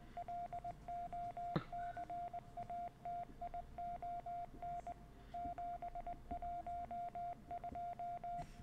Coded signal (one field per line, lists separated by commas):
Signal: Morse code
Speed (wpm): 20 wpm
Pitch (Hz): 700 Hz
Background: none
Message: LOCATION 712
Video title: Rätsel: Der Morsecode - Secret World Legends #022 [DEUTSCH–GERMAN/HD/PC]